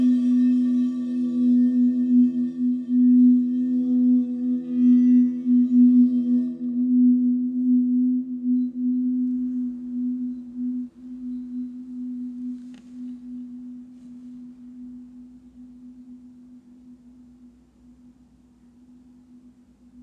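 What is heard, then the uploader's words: A singing bowl hums with a steady low tone and shimmering overtones that fade after seven seconds, the drone slowly dying away by the end. HEALING BOWLS FOR LAKE COUNTY.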